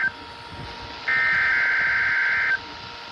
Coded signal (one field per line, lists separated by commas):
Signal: Emergency Alert System (SAME) tones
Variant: header bursts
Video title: (EAS #154) KMKX Required Weekly Test